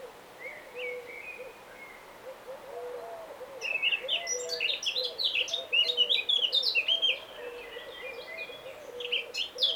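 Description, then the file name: Eurasian blackcap song, a rapid run of varied warbled notes starting after a few seconds, over a low hollow note repeated steadily throughout and a faint thin whistle early on. "Sylvia atricapilla"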